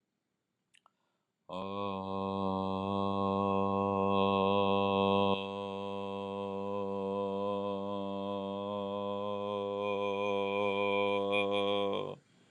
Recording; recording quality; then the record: sustained vowel as in made; excellent, no background noise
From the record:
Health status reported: healthy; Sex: male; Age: 46 years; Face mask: not worn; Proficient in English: yes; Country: India